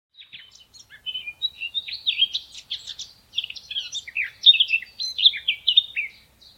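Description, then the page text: Eurasian blackcap song, starting with soft scratchy notes and rising into loud, rich fluting whistles delivered in quick varied phrases. "Eurasian Blackcap Song,Munk Sang,Черноголовая славка. knut the bird nerd"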